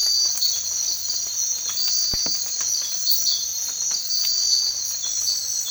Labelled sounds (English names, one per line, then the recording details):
none
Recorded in secondary vegetation near Puerto Asís, Putumayo, Colombia, on 8 March 2025 at 05:30
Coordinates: 0.499, -76.323
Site G094